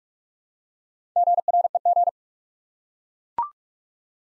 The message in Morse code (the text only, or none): GREG